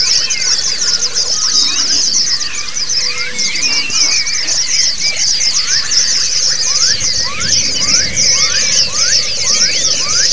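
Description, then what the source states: White-eye chorus, a dense, continuous high twittering with many rapid overlapping notes, plus lower swooping whistles throughout. White-eyes singing in a group (ombyokan), a therapy (terapi) recording.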